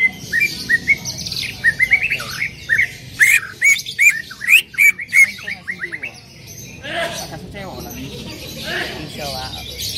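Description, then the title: Greater green leafbird calling: a quick run of short, sharply upslurred whistled notes, about two or three per second, then a softer scratchy chatter over faint background hiss. Female, vocalising intensely and calling to a male. "CUCAK IJO BETINA GACOR HIPER MEMANGGIL JANTAN"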